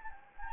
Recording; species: mosquito wingbeat signal from an infrared sensor; Anopheles gambiae